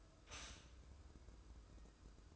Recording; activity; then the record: daily activity, microphone in the room; stop toaster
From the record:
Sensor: 2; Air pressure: 995.1 hPa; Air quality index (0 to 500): 60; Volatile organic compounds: 2 ppm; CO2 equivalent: 992 ppm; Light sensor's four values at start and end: 17/54/21/20 and 17/54/21/20